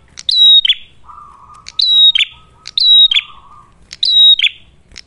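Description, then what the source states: Ashy tailorbird song: a few sharp high whistled notes sliding down to a burry tail, with a low buzzy trill running underneath for a while in the middle. Prolific song, described as clear sound, suited for training captive birds or for luring.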